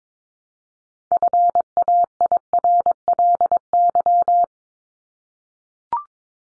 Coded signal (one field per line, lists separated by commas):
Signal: Morse code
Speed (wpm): 22 wpm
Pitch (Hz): 700 Hz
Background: none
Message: FAIRLY